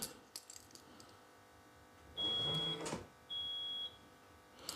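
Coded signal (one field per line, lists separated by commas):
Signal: beep code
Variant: Rolls-Royce Silver Spirit alarm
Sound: two steady high beeps, each about half a second, with a clunk between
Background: door lock clunk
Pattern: 2 long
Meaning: Doors locked, alarm set in setting one without ultrasonic detection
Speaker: So, you see there, we got two beeps. The door's locked. The two beeps tells us that we're in setting one and we're not getting any ultrasonic detection.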